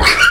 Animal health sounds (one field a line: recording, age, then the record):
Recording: pig call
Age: piglet (1 to 25 days)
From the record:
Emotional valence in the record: positive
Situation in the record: reunion after long isolation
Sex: female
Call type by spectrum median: low-frequency call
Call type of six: low-frequency tonal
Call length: 0.31 s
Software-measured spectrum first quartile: 1222 Hz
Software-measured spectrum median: 1947 Hz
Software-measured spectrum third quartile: 3161 Hz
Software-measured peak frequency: 1413 Hz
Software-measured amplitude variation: 131 dB a second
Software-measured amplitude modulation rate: 15.9 a second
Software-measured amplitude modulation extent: 8.2 dB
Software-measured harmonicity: 3.6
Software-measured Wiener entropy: -1.95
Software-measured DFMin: 784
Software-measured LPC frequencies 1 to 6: 1440, 2207, 2834, 4421, 4940, 5830 Hz